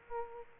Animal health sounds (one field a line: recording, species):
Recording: mosquito wingbeat signal from an infrared sensor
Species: Aedes aegypti